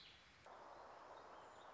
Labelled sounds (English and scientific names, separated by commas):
Warbling Vireo (Vireo gilvus)